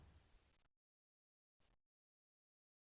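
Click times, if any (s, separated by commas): none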